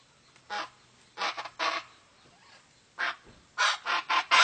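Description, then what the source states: Chaco chachalaca calls, short harsh raspy bursts in small groups separated by quiet gaps. Pantanal.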